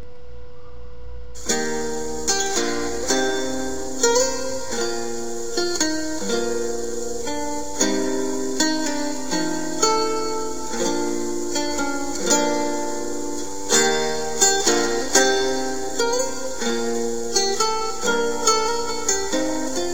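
A samba song begins after a brief moment of silence, with bright, rhythmic instrumental notes and chords pulsing in a steady, lively beat at a moderate, even loudness.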